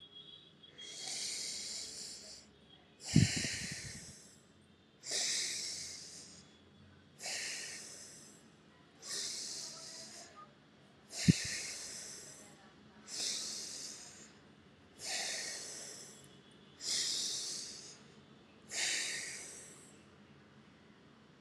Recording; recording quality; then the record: deep breathing; excellent, no background noise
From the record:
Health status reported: recovered from COVID-19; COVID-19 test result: negative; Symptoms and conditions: breathing difficulty, sore throat, fatigue, loss of smell and taste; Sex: female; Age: 30 years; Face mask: not worn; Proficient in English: yes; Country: India